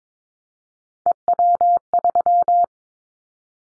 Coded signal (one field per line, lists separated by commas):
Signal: Morse code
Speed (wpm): 22 wpm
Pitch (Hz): 700 Hz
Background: none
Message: EW3